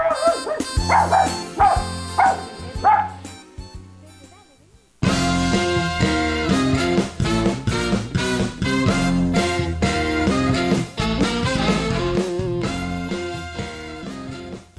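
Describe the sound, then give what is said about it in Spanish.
A short radio jingle for the segment 'los consejos del perrito Pipo' on La Voladora Radio's children's program Niños y Alegría opens with four quick dog barks over a low sustained tone, then bursts into loud, busy upbeat music with a steady rhythmic beat. “Bueno, amiguitos, perdón por dejar ese espacio libre sin hablar, pero estábamos poniendo la cortinilla.”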